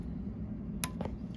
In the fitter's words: bam there's one maybe heard that snap